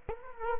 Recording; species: mosquito wingbeat signal from an infrared sensor; Culex quinquefasciatus